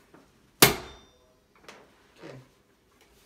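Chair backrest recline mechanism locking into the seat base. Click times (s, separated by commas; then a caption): 0.6 s. An EWINRACING Knight series gaming chair's backrest is brought back up after a recline that went too fast, and its tilt mechanism locks into the seat base with a loud single knock at 0.6 s, leaving the backrest firm and locked in place. Softer knocks and rustles follow, and someone talks.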